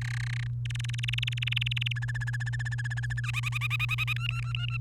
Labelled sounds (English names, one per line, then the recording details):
Domestic Canary song
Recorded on 30 April 2018 at 05:54
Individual llb3